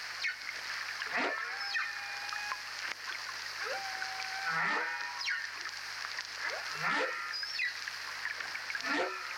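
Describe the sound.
Whale song: harmonic tonal moans with sharp upsweeps recurring every few seconds, plus long steady whistled notes and a constant high hiss.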